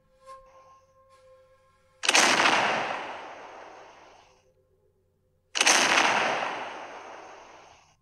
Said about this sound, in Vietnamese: Hai tiếng nổ lớn kinh thiên vang lên, đất núi rung chuyển, tường thành trên mặt đất đều rung động, loàn trướng của hoàng đế cũng lay động khẽ một trận. Người nào khai pháo?